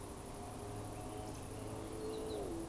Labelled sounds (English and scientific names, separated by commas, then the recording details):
Eurasian Woodcock (Scolopax rusticola) whistle
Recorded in Baden-Württemberg, Germany, on 25 June 2020 at 19:50 UTC
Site 24578, 122 m above sea level